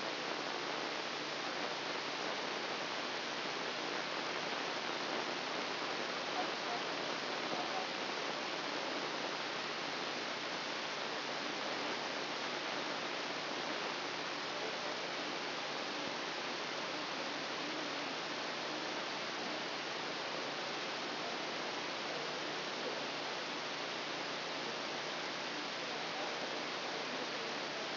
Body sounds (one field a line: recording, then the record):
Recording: brain microelectrode recording played as sound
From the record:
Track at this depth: inside the subthalamic nucleus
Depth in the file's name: 2.51 mm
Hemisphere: left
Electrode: 2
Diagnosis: Parkinson's disease